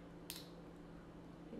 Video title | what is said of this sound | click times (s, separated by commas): LEGO technic working revolver six shooter | that until they click. They won't fall out anyway. | 0.3 s